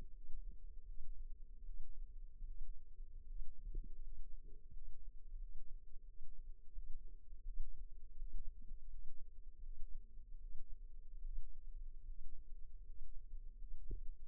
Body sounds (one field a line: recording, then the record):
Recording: forearm muscle sounds (acoustic myography)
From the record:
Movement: rest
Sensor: system 2, bracelet of six BSWA MPA416 microphones around the upper forearm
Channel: 6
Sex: female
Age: 23 years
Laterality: right